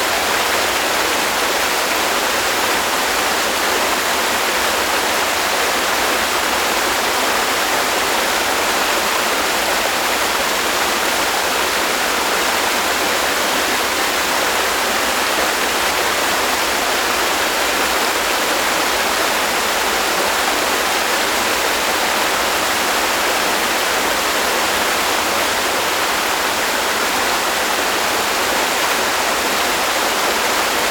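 A waterfall pours in a steady, dense rush that stays unchanged for the whole half minute. The sound is full and bright, spread from a soft low rumble up to a fine hiss, with no separate splashes or other sounds standing out.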